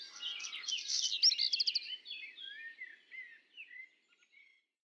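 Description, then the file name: Black redstart song, a fast scratchy crackling burst followed by clear fluted whistled phrases from a Common blackbird, trailing off into brief soft notes. Heard with common blackbird song; recorded at Le Puech on 5 June 2021. "050621-chant-de-rougequeue-noir-de-merle-noir-Le-Puech"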